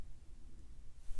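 A machined steel watch bracelet clasp with small ball bearings that assist closure is being handled near the microphone. Only low rustling and faint handling noise are heard, with a slight rise in level near the end. Nothing has clicked or seated yet.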